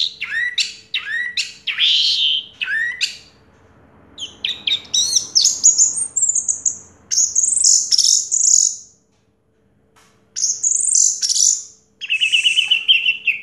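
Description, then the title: Orange-headed thrush song: clear, sweeping high notes and fast jumbled phrases, pausing twice before resuming with bright whistled notes. Song used to prompt a silent, non-singing orange-headed thrush into singing. "Anis Merah Macet.. Pancing Dengan Suara Ini.. # Anis Merah"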